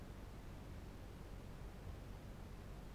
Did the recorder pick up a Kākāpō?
no